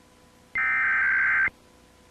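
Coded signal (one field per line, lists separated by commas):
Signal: Emergency Alert System (SAME) tones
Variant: header bursts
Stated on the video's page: Kentucky EAS Required Monthly Test aired on a CBS TV affiliate.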